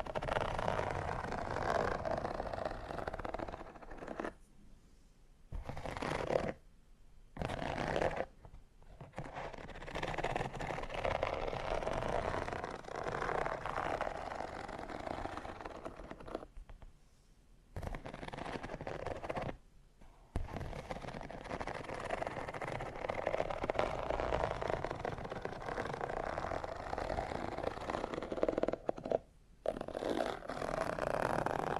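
Fingernails scratch and tap over textured leather in a dense, continuous rustle, strongest in the middle range with a crisp, scratchy top. The scratching runs in long stretches broken by brief silent pauses, near 5, 7, 8, 17, 20 and 29 seconds.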